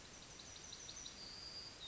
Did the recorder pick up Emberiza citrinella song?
yes